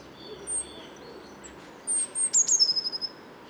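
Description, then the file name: Great tit calls, a quiet high note early, then a burst of sharp, high chattering notes repeated rapidly for about a second over faint background noise. "Parus major"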